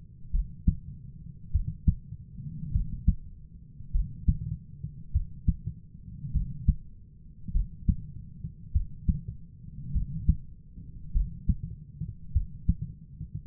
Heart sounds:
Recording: heart sounds by stethoscope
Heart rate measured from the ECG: 50 bpm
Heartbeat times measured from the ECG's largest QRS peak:
0.30 s: heartbeat
1.50 s: heartbeat
2.70 s: heartbeat
3.90 s: heartbeat
5.10 s: heartbeat
6.30 s: heartbeat
7.51 s: heartbeat
8.70 s: heartbeat
9.91 s: heartbeat
11.11 s: heartbeat
12.31 s: heartbeat
From the record:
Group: heart failure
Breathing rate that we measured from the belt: 16 breaths a minute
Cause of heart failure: dilated cardiomyopathy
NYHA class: 3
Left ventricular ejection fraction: 27%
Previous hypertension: present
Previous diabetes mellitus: present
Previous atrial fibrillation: present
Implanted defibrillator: present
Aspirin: present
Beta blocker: bisoprolol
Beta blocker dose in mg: 1.25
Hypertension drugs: sacubitril-valsartan, spironolactone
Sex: female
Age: 39 years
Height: 170 cm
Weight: 64 kg

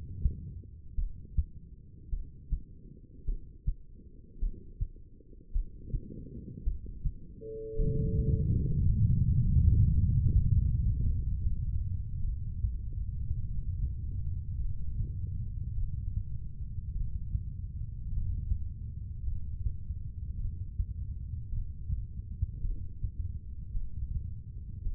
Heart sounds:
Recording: heart sounds by stethoscope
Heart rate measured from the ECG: 53 bpm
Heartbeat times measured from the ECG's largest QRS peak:
0.95 s: heartbeat
2.09 s: heartbeat
3.25 s: heartbeat
4.39 s: heartbeat
5.52 s: heartbeat
6.63 s: heartbeat
7.76 s: heartbeat
8.85 s: heartbeat
9.92 s: heartbeat
11.01 s: heartbeat
12.21 s: heartbeat
13.40 s: heartbeat
14.57 s: heartbeat
15.74 s: heartbeat
16.92 s: heartbeat
18.08 s: heartbeat
19.23 s: heartbeat
20.36 s: heartbeat
21.49 s: heartbeat
22.61 s: heartbeat
23.72 s: heartbeat
24.82 s: heartbeat
From the record:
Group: heart failure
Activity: rest 0-7 s, breath hold 7-25 s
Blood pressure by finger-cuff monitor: 80/60 mmHg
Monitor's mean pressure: 67 mmHg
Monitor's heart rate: 53 bpm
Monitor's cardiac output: 2.4 L/min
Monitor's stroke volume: 46 mL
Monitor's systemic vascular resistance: 1980 dyn s/cm5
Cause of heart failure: non-ischemic cardiomyopathy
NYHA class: 1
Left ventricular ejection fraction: 52%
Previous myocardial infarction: absent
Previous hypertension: absent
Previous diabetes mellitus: absent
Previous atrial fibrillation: present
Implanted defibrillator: absent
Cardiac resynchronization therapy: absent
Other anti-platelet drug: absent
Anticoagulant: apixaban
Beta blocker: bisoprolol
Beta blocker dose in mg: 10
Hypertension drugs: sacubitril-valsartan, spironolactone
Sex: female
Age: 68 years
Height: 169 cm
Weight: 71 kg

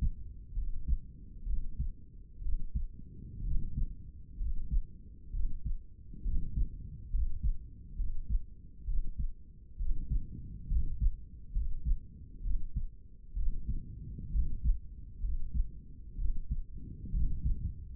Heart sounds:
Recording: heart sounds by stethoscope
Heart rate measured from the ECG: 65 bpm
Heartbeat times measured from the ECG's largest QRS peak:
0.57 s: heartbeat
1.47 s: heartbeat
2.43 s: heartbeat
3.46 s: heartbeat
4.41 s: heartbeat
5.34 s: heartbeat
6.25 s: heartbeat
7.14 s: heartbeat
7.99 s: heartbeat
8.88 s: heartbeat
9.80 s: heartbeat
10.71 s: heartbeat
11.55 s: heartbeat
12.45 s: heartbeat
13.37 s: heartbeat
14.34 s: heartbeat
15.24 s: heartbeat
16.19 s: heartbeat
17.14 s: heartbeat
From the record:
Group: healthy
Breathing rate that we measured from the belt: 17 breaths a minute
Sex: male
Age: 30 years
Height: 188 cm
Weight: 110.2 kg

